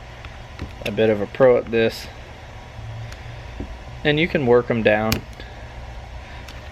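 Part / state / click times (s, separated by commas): wrist pin circlip into piston pin bore groove / seated / 6.5 s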